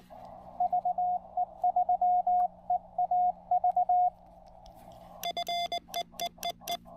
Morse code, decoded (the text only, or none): VE3EAV FE EEE